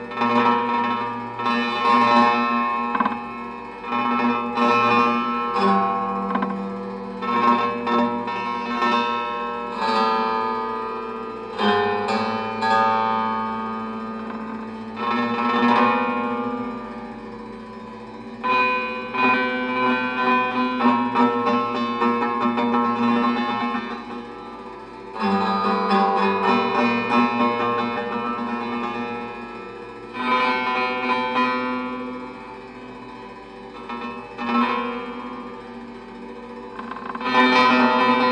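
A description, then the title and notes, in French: Everyday objects turned into improvised instruments, or natural materials, produce sustained ringing tones with a steady low drone underneath. The sound swells and fades in waves, with bright scraping or bowed bursts near 2, 10–12, 15, 25 and 37 seconds. Objet usuels détournés de lutherie inventée ou de matériaux naturelles. La manipulation des objets, des matières.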